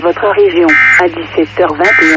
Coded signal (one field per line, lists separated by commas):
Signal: Emergency Alert System (SAME) tones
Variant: end-of-message bursts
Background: speech